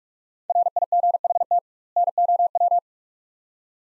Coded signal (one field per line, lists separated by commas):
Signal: Morse code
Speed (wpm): 43 wpm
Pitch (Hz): 700 Hz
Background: none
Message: RIGHT NOW